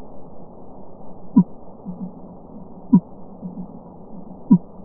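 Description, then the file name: Fin whale pulses: three short, downward-sweeping tones spaced about one and a half seconds apart, over a steady low rumbling background hiss. Sped up ten times. "Fin whale x 10"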